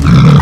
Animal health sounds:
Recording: pig call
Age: growing-finishing pig (85 days or more)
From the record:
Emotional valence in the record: positive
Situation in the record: run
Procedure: transit

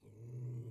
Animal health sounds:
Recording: pig call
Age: weaner (32 to 43 days)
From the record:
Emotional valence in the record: negative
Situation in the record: restrain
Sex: male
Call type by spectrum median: low-frequency call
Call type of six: low-frequency stable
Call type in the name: low-frequency stable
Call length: 0.71 s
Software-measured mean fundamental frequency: 58 Hz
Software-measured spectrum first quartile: 121 Hz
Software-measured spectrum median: 141 Hz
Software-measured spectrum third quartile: 224 Hz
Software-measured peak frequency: 118 Hz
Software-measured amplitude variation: 100 dB a second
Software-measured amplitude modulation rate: 20.4 a second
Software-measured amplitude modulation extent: 4.9 dB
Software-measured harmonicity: -4.8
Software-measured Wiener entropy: 1.60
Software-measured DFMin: 1246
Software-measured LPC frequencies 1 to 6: 2208, 2799, 3952, 4588, 6900, 9988 Hz

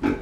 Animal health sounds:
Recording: pig call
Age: growing-finishing pig (85 days or more)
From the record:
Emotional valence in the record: negative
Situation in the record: barren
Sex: male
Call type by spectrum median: low-frequency call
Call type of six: low-frequency tonal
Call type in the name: low-frequency stable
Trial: 1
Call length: 0.22 s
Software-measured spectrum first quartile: 266 Hz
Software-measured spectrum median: 377 Hz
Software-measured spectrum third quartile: 967 Hz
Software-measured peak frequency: 276 Hz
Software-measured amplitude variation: 200 dB a second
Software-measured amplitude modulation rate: 25.0 a second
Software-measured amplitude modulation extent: 8.0 dB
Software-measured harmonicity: 3.8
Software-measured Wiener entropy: -1.17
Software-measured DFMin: 950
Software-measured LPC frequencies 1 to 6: 319, 1461, 2363, 3619, 4513, 5311 Hz

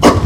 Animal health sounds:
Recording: pig call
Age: growing-finishing pig (85 days or more)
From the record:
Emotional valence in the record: positive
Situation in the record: run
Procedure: transit

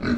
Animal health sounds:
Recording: pig call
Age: growing-finishing pig (85 days or more)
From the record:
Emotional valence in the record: negative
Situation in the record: barren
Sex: male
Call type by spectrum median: low-frequency call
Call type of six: low-frequency modulated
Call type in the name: low-frequency modulated, not sure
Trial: 2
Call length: 0.18 s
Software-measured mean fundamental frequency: 50 Hz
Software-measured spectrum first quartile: 226 Hz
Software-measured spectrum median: 385 Hz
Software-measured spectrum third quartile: 1372 Hz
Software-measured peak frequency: 236 Hz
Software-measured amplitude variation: 102 dB a second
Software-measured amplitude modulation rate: 13.7 a second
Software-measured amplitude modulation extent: 7.5 dB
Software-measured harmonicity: 3.5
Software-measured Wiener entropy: -2.17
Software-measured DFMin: 1286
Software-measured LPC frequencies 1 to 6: 281, 1448, 2283, 4091, 5580, 6565 Hz

